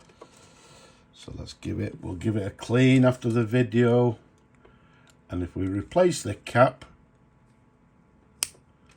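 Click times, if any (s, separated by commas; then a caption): 8.4 s. Someone talks, then the sterling silver cap of a William Manton fountain pen, made in Birmingham around 1996, is pushed back onto the pen body. It snaps shut with a sharp, satisfying click at 8.4 s, and the cap is seated closed.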